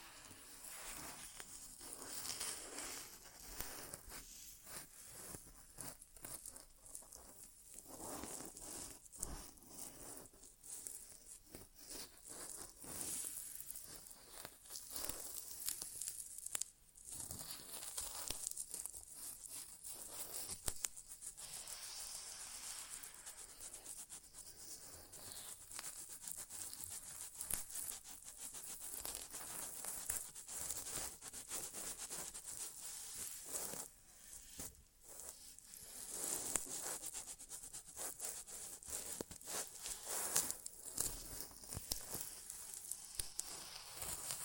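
Wordless inner ear exam sounds: continuous bright crinkling and crackling scratches, dense and uneven, with brief quieter dips around seventeen and thirty-four seconds.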